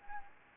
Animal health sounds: mosquito wingbeat signal from an infrared sensor; Anopheles gambiae

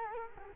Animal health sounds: mosquito wingbeat signal from an infrared sensor; Culex quinquefasciatus

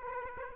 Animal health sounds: mosquito wingbeat signal from an infrared sensor; Aedes aegypti

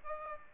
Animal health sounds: mosquito wingbeat signal from an infrared sensor; Aedes aegypti

